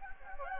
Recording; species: mosquito wingbeat signal from an infrared sensor; Anopheles gambiae